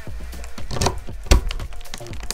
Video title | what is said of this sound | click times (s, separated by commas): Our Spare Part Build JIMBALALA | fit it right and then until it clicks and that's it your RAM is now installed | 1.3 s, 2.3 s